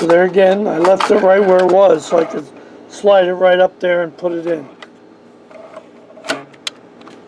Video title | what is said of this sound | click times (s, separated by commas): Ink Refill Kit With Refillable Cartridges For Canon Maxify MB2320, MB2020, MB5020, MB5320 | I heard that click | 6.7 s